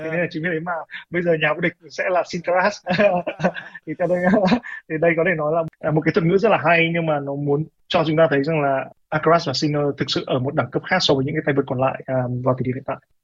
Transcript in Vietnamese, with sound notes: Thế nên chính vì thế mà bây giờ nhà vô địch sẽ là Singcaraz. [tiếng cười] Đây có thể nói là một thuật ngữ rất là hay, nhưng nó muốn cho chúng ta thấy rằng Alcaraz và Sinner thực sự ở một đẳng cấp khác so với những tay vợt còn lại à, vào thời điểm hiện tại.